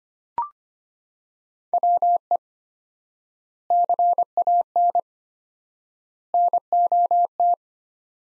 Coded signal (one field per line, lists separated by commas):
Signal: Morse code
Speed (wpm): 25 wpm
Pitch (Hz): 700 Hz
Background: none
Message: WE CAN NOT